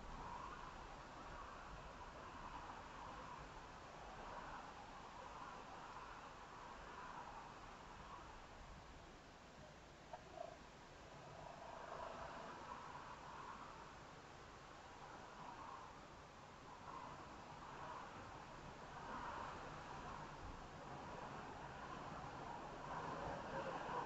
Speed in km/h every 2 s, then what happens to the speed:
11, 10, 10, 13, 13, 13, 13, 13, 15, 19, 27, 37.
0-16 steady at about 13. 16-24 speeds up to 37.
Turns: none.